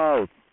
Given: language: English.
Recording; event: throat vibration sensor signal played as sound; speech